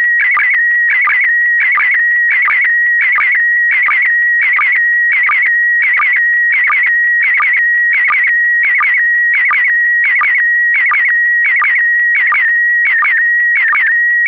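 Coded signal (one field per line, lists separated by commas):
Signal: SSTV (slow-scan television)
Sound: steady high whistle broken by regular quick warbling chirps, less than a second apart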